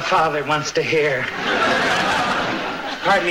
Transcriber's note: laughter